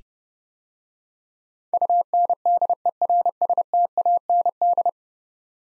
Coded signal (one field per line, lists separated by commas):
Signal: Morse code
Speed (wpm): 30 wpm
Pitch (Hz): 700 Hz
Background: none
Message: UNDERSTAND